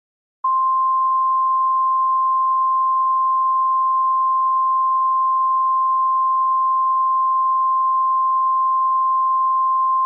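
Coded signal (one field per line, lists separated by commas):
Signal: Emergency Alert System (SAME) tones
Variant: 1050 Hz attention tone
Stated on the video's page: Flood Warning for Boyd and Greenup counties in Kentucky and Ohio counties, made on request.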